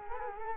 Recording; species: mosquito wingbeat signal from an infrared sensor; Culex quinquefasciatus